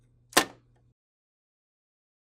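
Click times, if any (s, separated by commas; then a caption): 0.4 s. A plastic paper path cover is reinserted into the rear of an HP OfficeJet Pro 6900 printer and snaps into place with a single sharp click at 0.4 s. A faint low hum runs underneath until about 0.9 s, then it goes silent. The cover is seated.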